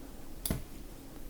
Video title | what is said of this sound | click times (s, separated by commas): Jarsh Commute Smart Ebike Helmet w/ LED Turn Signals, Headlight & Taillight. Unboxing, Test & Review | You can actually just drop it on top and it clicks into place. | 0.5 s